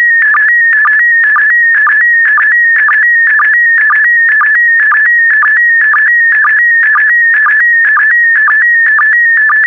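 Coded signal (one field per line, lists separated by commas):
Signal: SSTV (slow-scan television)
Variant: PD120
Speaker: complete. You can now check your decoded image against the picture that is shown on the video.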